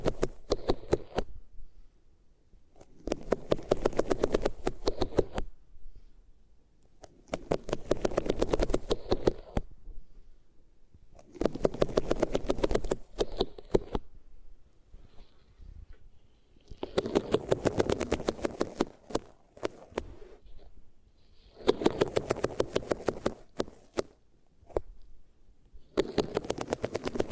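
Ears being rubbed against different materials, heard as bursts of dense scratchy rustling that last two to three seconds each. Six or so bursts come at fairly regular intervals, separated by near-silent pauses with faint low rumble and occasional light clicks.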